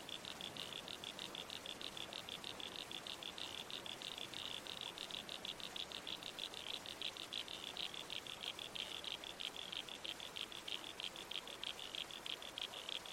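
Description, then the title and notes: Red-crowned toadlet calls, short notes pulsing continuously at a fast, fairly even pace throughout, with running water hissing underneath. Night soundscape in the bush with a babbling creek and trees swaying in the wind. "Red-Crowned Toadlet. Nocturnal Worlds"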